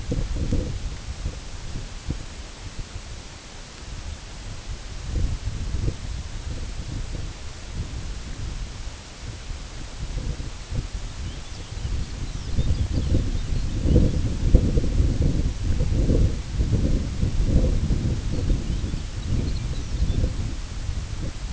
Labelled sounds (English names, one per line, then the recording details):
Lapland Longspur
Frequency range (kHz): Lapland Longspur 2.1-6.3 kHz
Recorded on Arctic tundra, site IGLO-A, on 16 June 2018
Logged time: 13:59